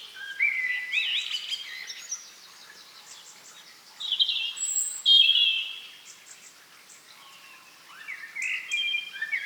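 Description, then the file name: Common blackbird song in three bursts: short fluted whistles each trailing into thin, high scratchy twitters, separated by quiet pauses. "Turdus merula"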